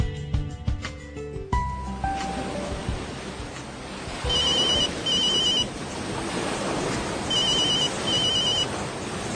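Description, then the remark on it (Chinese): A telephone rings in two short double-trill bursts, bright and high-pitched, over a steady roar of surf and wind that fills the whole stretch. “嗱，我啊打去佢屋企，你啊打佢手提，其他人打晒佢有机会佢出现嗰啲地方啊！”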